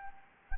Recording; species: mosquito wingbeat signal from an infrared sensor; Anopheles gambiae